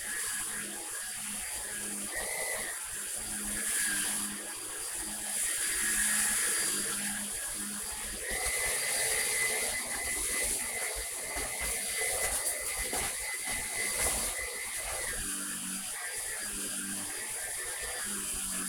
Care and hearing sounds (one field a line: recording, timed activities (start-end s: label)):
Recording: household activities, microphone on the right wrist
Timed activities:
0.00-18.69 s: vacuum cleaning